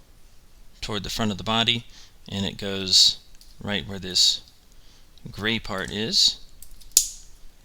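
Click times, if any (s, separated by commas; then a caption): 7.0 s. A small plastic stand adapter, shorter bit facing up, is pressed into the gray part at the front of a Metal Robot Spirits MSR-00100S Hyakushiki-Kai Mass-Production Type [KA Signature] action figure's body while someone talks. It snaps in with a single sharp click at 7.0 seconds, seating the adapter so the figure can be used with its stand.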